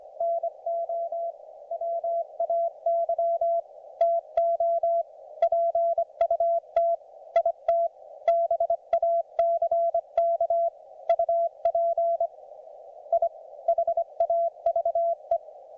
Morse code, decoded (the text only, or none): NO WAY TO PUT IT BACK UP I HAVE